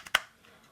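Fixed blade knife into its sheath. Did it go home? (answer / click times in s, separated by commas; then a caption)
yes / 0.2 s. A small Kizer fixed blade knife is pushed into its molded sheath, with a faint tick at 0.1 s before a sharp, bright click at 0.2 s. The knife seats and is retained in the sheath, with no rattle.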